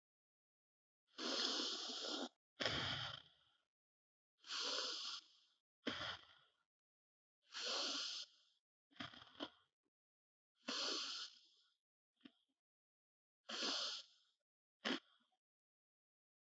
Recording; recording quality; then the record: deep breathing; excellent, no background noise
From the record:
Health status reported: healthy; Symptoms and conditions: none ticked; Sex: female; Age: 23 years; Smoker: not ticked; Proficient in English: yes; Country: India